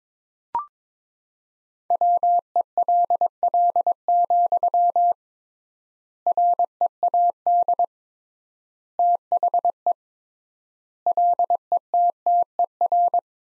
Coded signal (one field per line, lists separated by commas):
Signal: Morse code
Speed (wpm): 22 wpm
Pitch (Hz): 700 Hz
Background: none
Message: WELL, READ THE LETTER